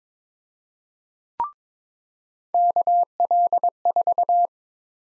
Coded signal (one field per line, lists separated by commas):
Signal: Morse code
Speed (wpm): 22 wpm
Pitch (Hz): 700 Hz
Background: none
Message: KL4